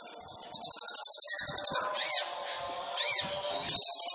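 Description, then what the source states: Sunbird song: rapid high buzzy trills of even notes, broken by two loud rising-falling sweeps and softer chatter, then the fast trill resumes. Indonesian masteran training recording for songbirds, full song with fills (isian) and bursts (tembakan), described as gacor, used as a lure (pancingan).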